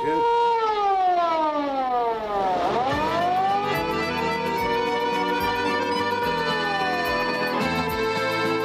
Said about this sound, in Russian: В ответ он щелкнул каблуками и, взяв нашего руководителя профессиональной хваткой, повлек его к стоявшей у дверей полицейской машине, умчавшейся в тот же миг с пронзительным воем.